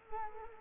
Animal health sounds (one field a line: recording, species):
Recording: mosquito wingbeat signal from an infrared sensor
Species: Culex quinquefasciatus